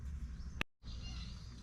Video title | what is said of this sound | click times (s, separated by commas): Metal Detecting: Civil War Colt & Grip Recovered NOVSIGHT Lights: with Zach Byrd Adventure Hour | wait for the click | 0.6 s